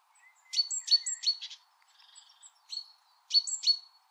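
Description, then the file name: Great tit calls: sharp high notes stepping down in pitch, given in quick clusters of two or three with short pauses between. "Parus major"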